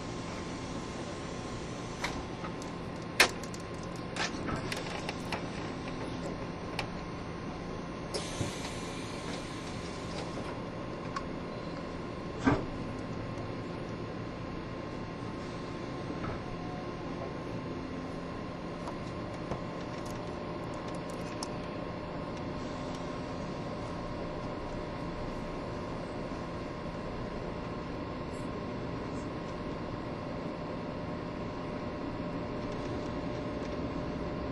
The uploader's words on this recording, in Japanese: 台鐵EMU1200型 自強號122次02 新營～彰化。縦貫線を北上する自強號のうち、吊掛駆動車両の台鐵EMU1200型電車を収録したものです。吊り掛け駆動独特のモーター音を唸らせながら爆走しています。